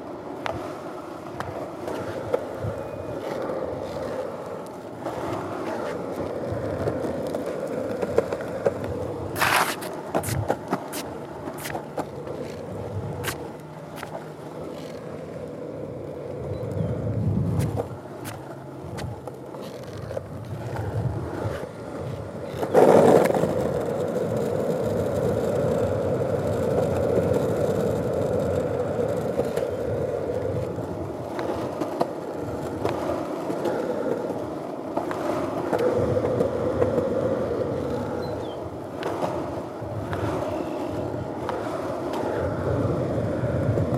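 Riding along a fairly smooth path, a steady rolling rumble with a low, rough hum runs the whole way through. Sharp snaps and clicks cut in now and then, loudest near 9 and 23 seconds, like twigs cracking under the wheels.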